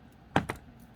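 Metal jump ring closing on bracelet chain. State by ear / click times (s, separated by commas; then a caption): seated / 0.4 s, 0.5 s. A small metal jump ring on a bracelet chain is held with two pairs of pliers, one on each side, and twisted in opposite directions until its ends meet. Two short, sharp metallic clicks come at 0.4 s and 0.5 s against a quiet background. The jump ring is closed perfectly.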